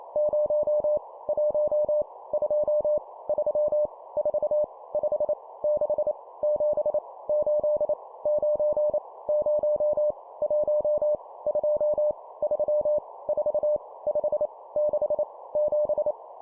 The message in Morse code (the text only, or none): 0 1 2 3 4 5 6 7 8 9 0 1 2 3 4 5 6 7